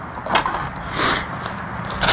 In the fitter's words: The camera just clicks right in.